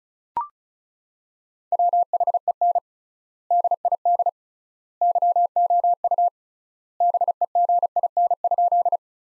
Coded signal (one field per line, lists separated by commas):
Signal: Morse code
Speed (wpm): 36 wpm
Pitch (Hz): 700 Hz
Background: none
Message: WHEN DID YOU BEGIN?